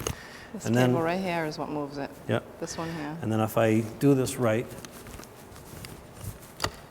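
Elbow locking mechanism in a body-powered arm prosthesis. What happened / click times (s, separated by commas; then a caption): A mechanical lock clicks into place / 6.6 s. An amputee works the cable that runs around the back of a body-powered prosthetic arm so that the elbow's locking mechanism engages, while someone talks. After quieter taps, a sharp click at 6.6 seconds marks the elbow lock seating into place.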